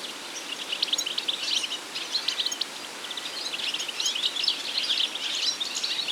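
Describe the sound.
European goldfinch song: short bursts of high, liquid twittering notes running almost without pause over a faint background hiss.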